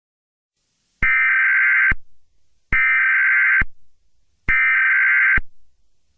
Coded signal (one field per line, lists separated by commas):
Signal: Emergency Alert System (SAME) tones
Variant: header bursts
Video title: EAS Scenario #52: Winter Storm Of the Century: P1 (READ DESCRIPTION)